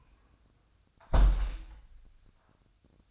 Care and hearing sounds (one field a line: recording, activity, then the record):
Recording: daily activity, microphone in the room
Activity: close window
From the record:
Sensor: 2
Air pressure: 1004.5 hPa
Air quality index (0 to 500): 109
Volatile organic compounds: 3 ppm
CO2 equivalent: 1321 ppm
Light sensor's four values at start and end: 6/14/5/6 and 6/14/5/5